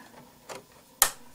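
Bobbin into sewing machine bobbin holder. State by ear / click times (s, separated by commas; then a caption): seated / 1.0 s. A bobbin is dropped into the bobbin holder of a Brother Innovis 2800D embroidery/sewing machine and seats with a sharp click at 1.0 s. A softer rustle comes just before at about 0.5 s, and a faint tick follows at about 1.4 s.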